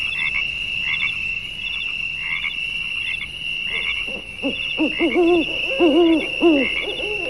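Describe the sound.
Frog croaks, a run of nasal, harmonic calls that begin after about four seconds, over a steady high drone and faint pulsed chirps.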